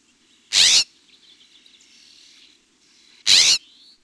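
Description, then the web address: Scrub jay calls: two loud, grating rasps about three seconds apart, with faint soft chattering between them. North America. "Peterson North American Birds. scja"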